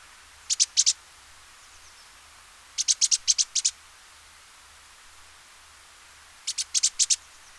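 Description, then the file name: Great tit song: three bursts of sharp, high clipped notes, a few notes each, separated by long pauses, over a faint steady low hum. "Parus major"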